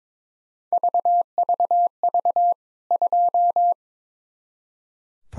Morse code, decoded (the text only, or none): VVV 2